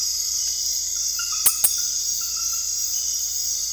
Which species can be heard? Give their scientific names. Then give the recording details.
none. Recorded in dense forest near Puerto Asís, Putumayo, Colombia, on 19 February 2024 at 02:00. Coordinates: 0.485, -76.318. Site G6408